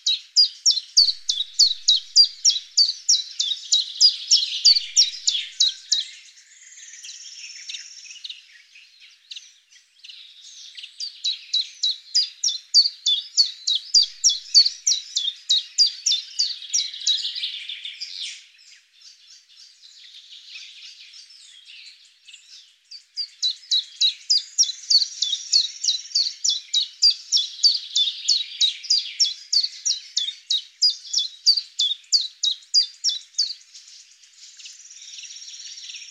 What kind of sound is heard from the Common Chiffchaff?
song